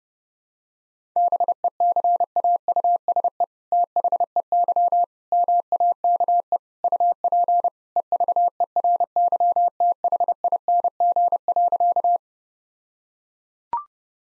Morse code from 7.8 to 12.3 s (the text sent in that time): EVERYTHING.